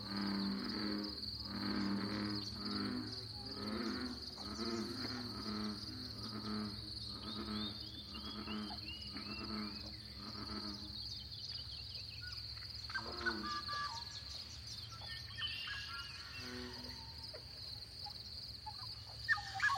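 A lively dawn chorus in a small pothole coulee in Eastern Washington, with a steady high insect-like whine running throughout. For the first ten seconds a low, pulsing call repeats about twice a second, then gives way to scattered bird chirps and descending trills.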